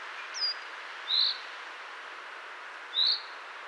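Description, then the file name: Common chaffinch calling with two clear, short, bright chirps, preceded by a fainter higher note, against a constant hiss. "Fringilla coelebs"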